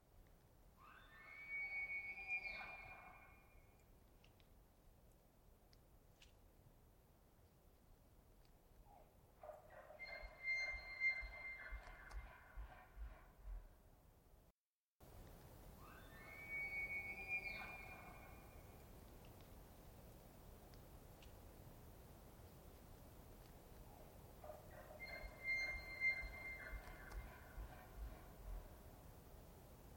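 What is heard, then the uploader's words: A Roosevelt elk bugles twice, a rising whistled call followed by guttural chuckling grunts, then the same sequence repeats after a brief gap. Roosevelt Elk Bugle with follow-up Chuckle. Roosevelt Elk, or Rainforest Elk or Olympic Elk, selected from a brief trip in late September 2023. I record elk by leaving recorders out in the field where herds are known to migrate. Chuckles, or laughs, sound just like that, a series of short loud grunts. Recorded in the Queets and Quinalt Rainforest River Valleys.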